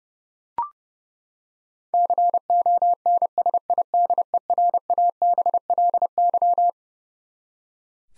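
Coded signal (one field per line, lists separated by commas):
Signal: Morse code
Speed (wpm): 30 wpm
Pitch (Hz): 700 Hz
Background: none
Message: CONSIDERABLY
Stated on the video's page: Head-copy drill of twelve-letter words at 30 wpm, each word sent, spoken, then sent again.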